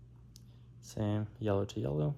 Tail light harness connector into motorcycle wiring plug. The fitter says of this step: and it takes some force but you'll feel it click in there.